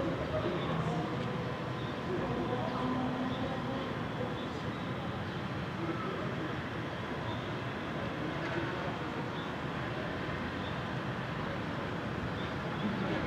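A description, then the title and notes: Outdoor city ambience from a Brooklyn roof: a steady, dense wash of traffic and rumble that stays level throughout. Faint murmurs of voices and occasional brief higher chirps or tones surface now and then, with a train-like rolling drone underneath. Ext, Brooklyn Roof.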